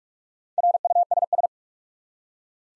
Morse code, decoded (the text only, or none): RUSS